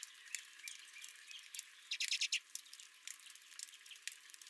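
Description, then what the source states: Redpoll calls, scattered chips with a short loud burst of chattering notes midway. Redpolls visiting the recordist's own feeder.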